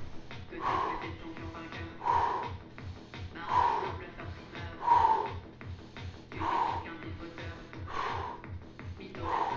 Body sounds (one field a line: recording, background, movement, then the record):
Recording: deep breathing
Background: music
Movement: sitting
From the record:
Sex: male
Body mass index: 22.0 kg/m2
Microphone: on the chest, facing outward